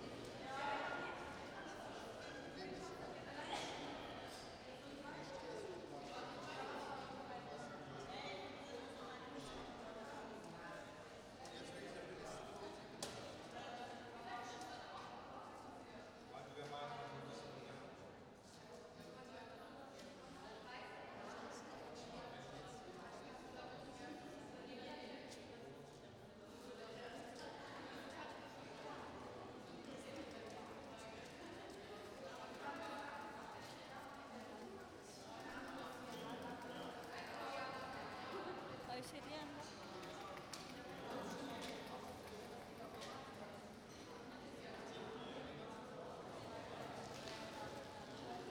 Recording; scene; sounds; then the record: everyday scene through a hearing-aid microphone; reverberant space; background noise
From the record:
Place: railway station hall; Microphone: in the ear canal, right